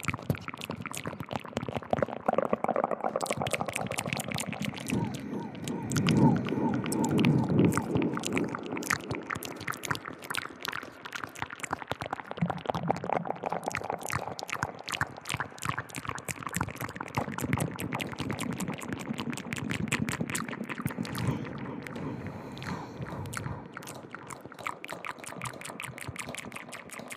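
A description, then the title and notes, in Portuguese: Mouth sounds with an echo: a steady run of wet clicks, smacks and taps, packed densely and fairly evenly throughout. A low, muffled swell builds around six to eight seconds, and the clicks thin slightly toward the end. Sons de Boca com Eco. ASMR com sons de boca e efeito de eco.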